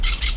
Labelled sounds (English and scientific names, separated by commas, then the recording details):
Brown-throated Parakeet (Eupsittula pertinax) contact call
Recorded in Venezuela
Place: Tumeremo, Edo. Bolívar
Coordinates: 7.209, -61.364